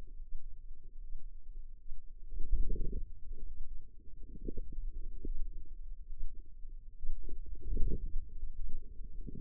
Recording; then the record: forearm muscle sounds (acoustic myography)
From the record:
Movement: wrist flexion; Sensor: system 2, bracelet of six BSWA MPA416 microphones around the upper forearm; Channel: 2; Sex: female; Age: 25 years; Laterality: right